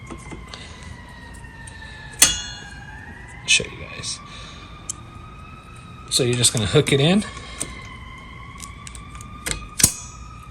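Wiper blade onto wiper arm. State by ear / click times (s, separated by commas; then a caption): seated / 9.8 s. A wiper blade is hooked onto the wiper arm and pushed until its locking adapter clicks into place at 9.8 s, leaving the blade locked in place. Someone talks while a steady, slowly gliding tone runs underneath, with a sharp knock at 2.2 s before the click.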